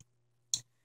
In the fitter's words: And when you're done looking inside, that snaps back into place with a satisfactory snap.